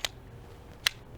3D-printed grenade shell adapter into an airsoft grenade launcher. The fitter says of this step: clicks into that hook and then it's locked in and right now it can't come out until you press the button